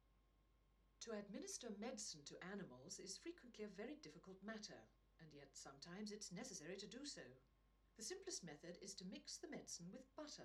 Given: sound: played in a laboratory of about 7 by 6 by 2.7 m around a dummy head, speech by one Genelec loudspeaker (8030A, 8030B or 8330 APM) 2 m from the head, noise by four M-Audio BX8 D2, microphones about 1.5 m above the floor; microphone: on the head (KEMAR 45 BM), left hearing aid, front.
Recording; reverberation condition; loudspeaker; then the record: female speech in English; low; 30 degrees to the left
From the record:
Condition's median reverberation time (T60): about 310 ms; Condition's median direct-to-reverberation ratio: about 3.5 dB